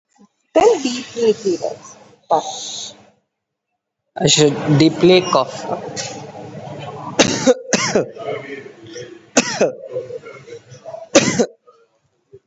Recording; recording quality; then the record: heavy voluntary cough; moderate, slight background noise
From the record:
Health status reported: COVID-19 positive, mild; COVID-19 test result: positive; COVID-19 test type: RT-PCR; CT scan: taken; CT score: 4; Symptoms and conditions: cough, breathing difficulty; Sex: male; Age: 18 years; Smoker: no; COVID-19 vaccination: none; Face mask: not worn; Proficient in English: yes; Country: India